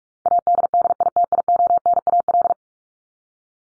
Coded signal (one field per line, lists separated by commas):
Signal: Morse code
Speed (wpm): 44 wpm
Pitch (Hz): 700 Hz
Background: none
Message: ADDITIONAL